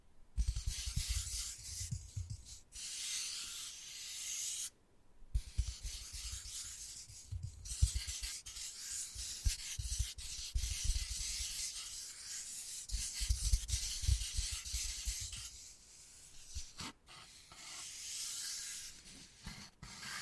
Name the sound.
Wood Carving, Tapping and Scratching Sounds